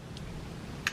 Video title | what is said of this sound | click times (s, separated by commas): Weekly Vlog Part 2: Well, That's A Terrifying Sight! | so that's the bracelet I've also got a safety chain on mine which Clips on there | 0.9 s